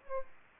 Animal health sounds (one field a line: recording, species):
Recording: mosquito wingbeat signal from an infrared sensor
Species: Aedes aegypti